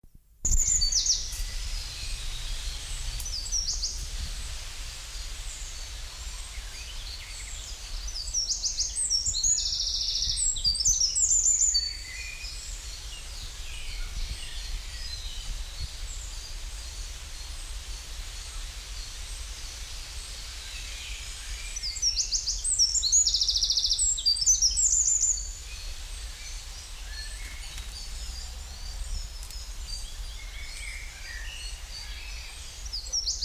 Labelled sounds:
Eurasian Wren (Troglodytes troglodytes) song
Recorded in the wild
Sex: male
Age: adult
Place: Lübars (Fließtal), Berlin, DE
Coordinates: 52.6167, 13.35
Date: 1999-06-13 13:16
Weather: fair, 22°C
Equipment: Sony WM-D6C, Sennheiser ME 80, Kopie Uher 4000 Report Monitor
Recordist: Tembrock, Günter

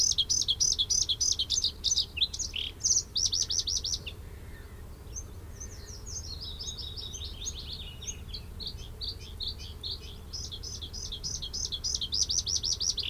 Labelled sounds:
Bluethroat (Luscinia svecica) song
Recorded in the wild
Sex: male
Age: adult
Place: Hallstadt, Bayern, DE
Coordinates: 49.9247, 10.8625
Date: 1964-04-17
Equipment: Vollspur
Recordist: Tretzel, Erwin
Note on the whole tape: Hallstadt Brücke: Blaukehlchen B imitiert: Brachvogel (zu Beginn), Zilpzalp (oft und lang), Grille, Kohlmeise, Gartenrotschwanz, Regenpfeifer

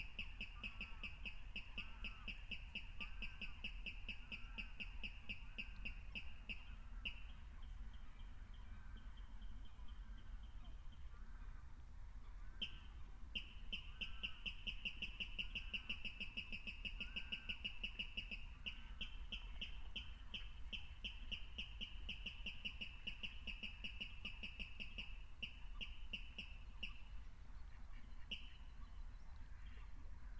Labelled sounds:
Water Rail (Rallus aquaticus) song
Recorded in the wild
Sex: male
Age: adult
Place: Kützerhof, Kummerower See, Mecklenburg-Vorpommern, DE
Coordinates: 53.8562, 12.8858
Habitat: wetland
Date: 2010-04-28 23:20
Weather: 13°C, 80% humidity, almost windless
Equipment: Edirol R4, Microtech Gefell MK 250/MV220
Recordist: Giermann, Anita and Frommolt, Karl-Heinz

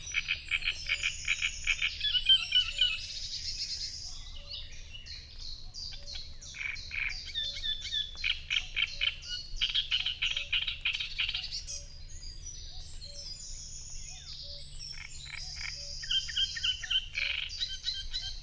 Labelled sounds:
Great Reed Warbler (Acrocephalus arundinaceus) song
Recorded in the wild
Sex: male
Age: adult
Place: Parsteinwerder, Parsteiner See, Brandenburg, DE
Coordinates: 52.9547, 13.975
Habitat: reed
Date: 2007-06-06 05:04
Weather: overcast, ca. 15°C, no wind
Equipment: Sound Devices 702, Sennheiser MKH 416 T, Windkorb
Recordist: Frommolt, Karl-Heinz

